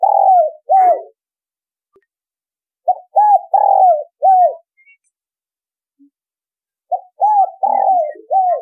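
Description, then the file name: Spotted dove cooing: short phrases of three to four low coos, one longer and rougher, repeated every few seconds with silent gaps between. Vietnamese cooing style called giọng thổ đồng. "Tieng cu gay giong tho dong"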